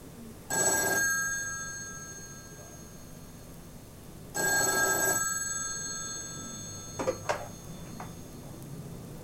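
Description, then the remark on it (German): A telephone rings twice, each ring a bright, steady electronic trill lasting about half a second to a second, separated by a pause, followed by a few faint clicks as the receiver is picked up. “Walter möchte seine Freundin Erika anrufen, um ihr etwas mitzuteilen. Am Telefon meldet sich der Vater des Mädchens.”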